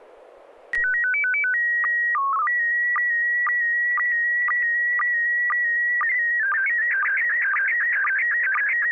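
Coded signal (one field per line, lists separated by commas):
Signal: SSTV (slow-scan television)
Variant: PD 120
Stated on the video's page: SSTV images exchanged on a weekly amateur net via an FM repeater on 441.300 MHz in Sacramento, sent with MMSSTV software.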